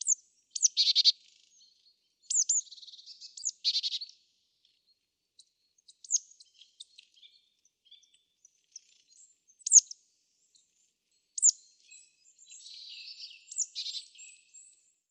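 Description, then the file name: Marsh tit calls: sharp high notes and short buzzy chattering phrases recurring every few seconds, separated by quiet gaps with scattered soft ticks. "Poecile palustris"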